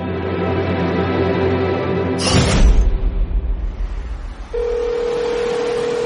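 A sustained harmonic drone gives way to a rushing whoosh and a stretch of noisy rumble, then a steady, unbroken mid-pitched phone tone starts and holds to the end, like a mobile dialing or ringing out.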